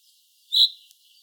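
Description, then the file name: Common chaffinch giving a single sharp, bright call note, brief and metallic, with a faint click shortly after. "Fringilla coelebs"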